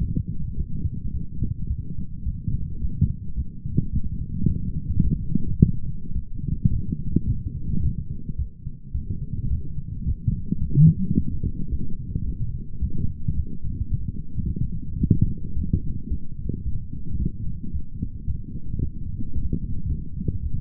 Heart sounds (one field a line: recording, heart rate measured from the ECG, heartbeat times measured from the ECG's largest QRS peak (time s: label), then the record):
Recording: heart sounds by stethoscope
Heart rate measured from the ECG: 109 bpm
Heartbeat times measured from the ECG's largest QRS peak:
0.55 s: heartbeat
1.12 s: heartbeat
1.68 s: heartbeat
2.24 s: heartbeat
2.79 s: heartbeat
3.35 s: heartbeat
3.91 s: heartbeat
4.46 s: heartbeat
5.02 s: heartbeat
5.58 s: heartbeat
6.13 s: heartbeat
6.69 s: heartbeat
7.25 s: heartbeat
7.81 s: heartbeat
8.36 s: heartbeat
8.92 s: heartbeat
9.48 s: heartbeat
10.04 s: heartbeat
10.59 s: heartbeat
11.14 s: heartbeat
11.70 s: heartbeat
12.25 s: heartbeat
12.80 s: heartbeat
13.34 s: heartbeat
13.89 s: heartbeat
14.44 s: heartbeat
14.99 s: heartbeat
15.54 s: heartbeat
16.09 s: heartbeat
16.63 s: heartbeat
17.17 s: heartbeat
17.71 s: heartbeat
18.26 s: heartbeat
18.79 s: heartbeat
19.33 s: heartbeat
19.87 s: heartbeat
20.41 s: heartbeat
From the record:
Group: healthy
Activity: light exercise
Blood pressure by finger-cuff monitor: 107/58 mmHg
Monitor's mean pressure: 72 mmHg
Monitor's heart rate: 108 bpm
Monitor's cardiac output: 10.3 L/min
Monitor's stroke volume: 96 mL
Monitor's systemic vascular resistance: 450 dyn s/cm5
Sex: male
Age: 19 years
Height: 178 cm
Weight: 83 kg